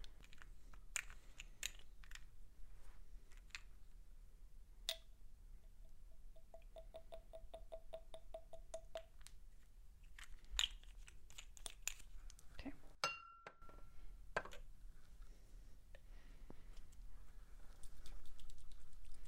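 Clothes rustle and small stones click and tap in scattered bursts over a low steady rumble. Around five to nine seconds a run of quick, even ticks repeats, and near thirteen seconds a sharp strike flares briefly before the rustling and taps resume.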